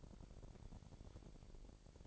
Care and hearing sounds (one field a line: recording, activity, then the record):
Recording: daily activity, microphone in the room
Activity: take from stove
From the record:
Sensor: 5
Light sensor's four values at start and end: 51/113/49/54 and 51/117/50/54